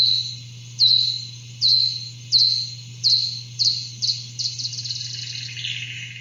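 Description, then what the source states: Eastern red bat echolocation: hooked downward chirps at shortening intervals, quickening into a rapid run of pulses near the end, over a low steady hum. Migratory species; recorded by microphones placed near bodies of water on forest edges in Connecticut.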